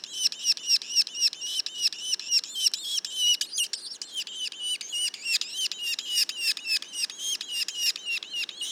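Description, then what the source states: Yellow-bellied sapsucker calls, quick high harsh notes in a rapid series, about four per second. Juveniles, recorded in Mont-Orford National Park, Quebec.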